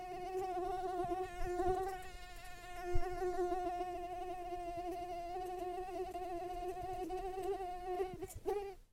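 Mosquito flight buzz, a steady high whine with a strong even hum and rich overtones, holding one pitch throughout with slight wavering near the end.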